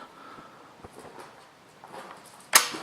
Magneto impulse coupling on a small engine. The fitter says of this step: You just turn your magneto over till it snaps.